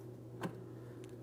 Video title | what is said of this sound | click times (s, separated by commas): How to Replace Windshield Washer Reservoir 2015-2025 Ford Transit 250 | Audible click. | 0.4 s